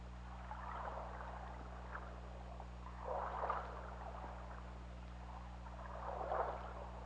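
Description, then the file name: Killer whale calls underwater: three muffled, buzzy bursts spaced about three seconds apart, over a steady low hum. Recorded by hydrophone on 16 February 2018, at 18:33. "Orca Lab"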